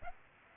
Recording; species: mosquito wingbeat signal from an infrared sensor; Aedes aegypti